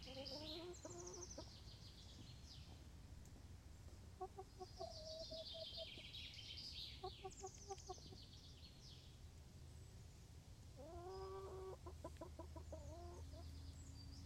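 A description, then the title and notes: Chickens cluck and murmur softly while they eat, short stacked calls arriving every second or two, with a busier burst near the end. Higher chirping and trilling runs above them, and a steady low rumble fills the background throughout. Chickens making little noises while eating. Kippen die geluidjes maken terwijl ze eten.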